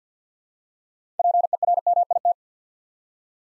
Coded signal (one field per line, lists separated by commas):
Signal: Morse code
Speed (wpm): 50 wpm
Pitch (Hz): 700 Hz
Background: none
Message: PERMIT